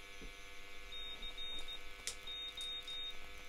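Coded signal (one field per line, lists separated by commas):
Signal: Morse code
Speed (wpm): 16 wpm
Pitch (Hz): 3700 Hz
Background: none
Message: CO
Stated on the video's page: Sent on a home-built Pixie V3 40 m fixed-frequency 1 W CW transceiver kit.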